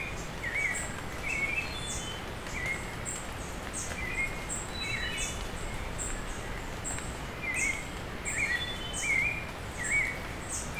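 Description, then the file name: Bird giving repeated chirping calls at an irregular pace with high faint notes, over continuous rain noise. Bird calling with rain falling on leaves. "Hi-Fi Nature Sounds - Beautiful Bird Call with Rain on Leaves"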